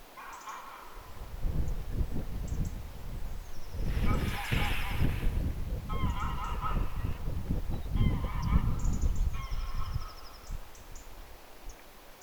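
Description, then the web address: Domestic goose honking loudly in bursts of harsh, nasal calls, several in quick succession, over steady low rumbling wind noise. Male domestic goose calling so loudly that the landscape echoes; recorded 25 April 2025. "25 4 2025 koiras kotihanhi huutaa niin etta maisema kaikuu"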